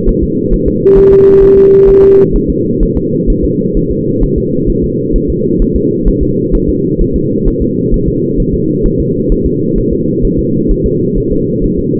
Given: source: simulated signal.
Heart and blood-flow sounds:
fetal heart sounds
0.09 s: S1
0.24 s: S2
0.54 s: S1
0.68 s: S2
0.98 s: S1
1.13 s: S2
1.43 s: S1
1.58 s: S2
1.89 s: S1
2.04 s: S2
2.36 s: S1
2.50 s: S2
2.83 s: S1
2.97 s: S2
3.30 s: S1
3.44 s: S2
3.77 s: S1
3.91 s: S2
4.24 s: S1
4.38 s: S2
4.70 s: S1
4.84 s: S2
5.16 s: S1
5.30 s: S2
5.62 s: S1
5.76 s: S2
6.08 s: S1
6.23 s: S2
6.55 s: S1
6.69 s: S2
7.01 s: S1
7.16 s: S2
7.48 s: S1
7.62 s: S2
7.94 s: S1
8.08 s: S2
8.40 s: S1
8.54 s: S2
8.86 s: S1
9.00 s: S2
9.32 s: S1
9.46 s: S2
9.78 s: S1
9.93 s: S2
10.25 s: S1
10.39 s: S2
10.71 s: S1
10.86 s: S2
11.18 s: S1
11.32 s: S2
11.64 s: S1
11.79 s: S2
From the record:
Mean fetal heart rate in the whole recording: 130 bpm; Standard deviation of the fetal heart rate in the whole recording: 4 bpm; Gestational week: 38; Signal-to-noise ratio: -11.2 dB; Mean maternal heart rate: 72 bpm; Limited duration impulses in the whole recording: present

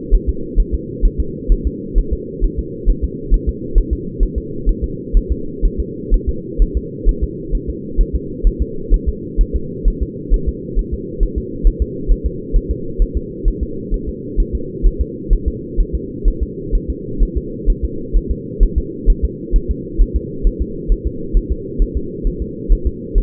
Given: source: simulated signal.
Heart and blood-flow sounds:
fetal heart sounds
0.14 s: S1
0.29 s: S2
0.60 s: S1
0.74 s: S2
1.05 s: S1
1.20 s: S2
1.52 s: S1
1.67 s: S2
1.98 s: S1
2.13 s: S2
2.44 s: S1
2.59 s: S2
2.90 s: S1
3.04 s: S2
3.34 s: S1
3.49 s: S2
3.78 s: S1
3.93 s: S2
4.23 s: S1
4.38 s: S2
4.69 s: S1
4.84 s: S2
5.17 s: S1
5.32 s: S2
5.66 s: S1
5.80 s: S2
6.14 s: S1
6.29 s: S2
6.62 s: S1
6.77 s: S2
7.09 s: S1
7.23 s: S2
7.55 s: S1
7.70 s: S2
8.01 s: S1
8.15 s: S2
8.47 s: S1
8.62 s: S2
8.94 s: S1
9.08 s: S2
9.41 s: S1
9.56 s: S2
9.88 s: S1
10.02 s: S2
10.34 s: S1
10.49 s: S2
10.79 s: S1
10.94 s: S2
11.23 s: S1
11.38 s: S2
11.67 s: S1
11.82 s: S2
12.11 s: S1
12.26 s: S2
12.56 s: S1
12.71 s: S2
13.02 s: S1
13.17 s: S2
13.48 s: S1
13.63 s: S2
13.94 s: S1
14.09 s: S2
14.40 s: S1
14.55 s: S2
14.86 s: S1
15.01 s: S2
15.33 s: S1
15.48 s: S2
15.80 s: S1
15.95 s: S2
16.28 s: S1
16.43 s: S2
16.75 s: S1
16.90 s: S2
17.23 s: S1
17.38 s: S2
17.70 s: S1
17.84 s: S2
18.17 s: S1
18.31 s: S2
18.63 s: S1
18.78 s: S2
19.10 s: S1
19.24 s: S2
19.56 s: S1
19.71 s: S2
20.02 s: S1
20.16 s: S2
20.47 s: S1
20.62 s: S2
20.92 s: S1
21.07 s: S2
21.37 s: S1
21.52 s: S2
21.82 s: S1
21.97 s: S2
22.27 s: S1
22.42 s: S2
22.72 s: S1
22.87 s: S2
23.18 s: S1
From the record:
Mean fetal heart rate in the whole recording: 130 bpm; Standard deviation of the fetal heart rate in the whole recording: 4 bpm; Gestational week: 38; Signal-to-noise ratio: -4.3 dB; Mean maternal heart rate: 72 bpm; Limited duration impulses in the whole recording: absent

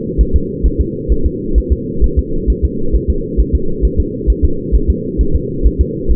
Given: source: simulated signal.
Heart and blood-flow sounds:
fetal heart sounds
0.21 s: S1
0.36 s: S2
0.66 s: S1
0.81 s: S2
1.12 s: S1
1.26 s: S2
1.58 s: S1
1.72 s: S2
2.04 s: S1
2.19 s: S2
2.50 s: S1
2.65 s: S2
2.95 s: S1
3.10 s: S2
3.40 s: S1
3.55 s: S2
3.85 s: S1
4.00 s: S2
4.30 s: S1
4.45 s: S2
4.75 s: S1
4.90 s: S2
5.21 s: S1
5.36 s: S2
5.66 s: S1
5.81 s: S2
6.11 s: S1
From the record:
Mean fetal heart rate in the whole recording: 135 bpm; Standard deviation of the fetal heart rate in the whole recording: 3 bpm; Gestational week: 34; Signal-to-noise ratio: -8.1 dB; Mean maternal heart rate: 72 bpm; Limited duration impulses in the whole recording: absent

